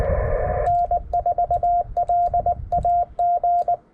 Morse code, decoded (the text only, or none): N4LAG